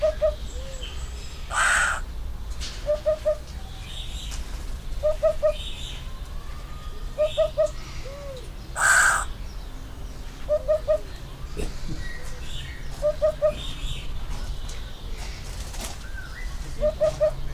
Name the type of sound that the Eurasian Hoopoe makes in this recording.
song